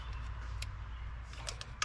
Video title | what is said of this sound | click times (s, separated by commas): 2021 Chevy Blazer Temperature Sensor Replacement!! | All right. I felt it click. | 1.8 s